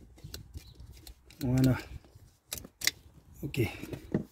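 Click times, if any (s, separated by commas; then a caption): none. Someone handles the seat belt buckle wiring connector and its mating plug under a car seat while fixing a seat belt warning light, with short rustling and tapping handling noises and someone talking. Nothing has seated or clicked yet; the connector is not yet locked in.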